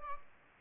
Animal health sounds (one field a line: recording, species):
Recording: mosquito wingbeat signal from an infrared sensor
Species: Aedes albopictus